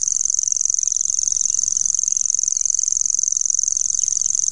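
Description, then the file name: Common grasshopper warbler song, a continuous high mechanical reel of very fast ticking pulses, steady in pitch and loudness throughout. "grasshopper warbler omkicau"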